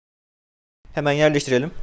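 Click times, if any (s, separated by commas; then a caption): none. A RAM module is being handled over a motherboard memory slot, about to be pressed down. After about 0.8 s of silence, someone talks. Nothing has seated or clicked yet.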